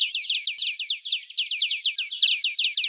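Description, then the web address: European greenfinch calling: a rapid, steady series of bright high chirps throughout. "Carduelis chloris"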